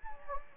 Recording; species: mosquito wingbeat signal from an infrared sensor; Anopheles gambiae